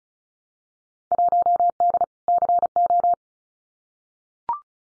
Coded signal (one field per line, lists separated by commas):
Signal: Morse code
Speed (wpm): 36 wpm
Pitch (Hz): 700 Hz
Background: none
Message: 1D CO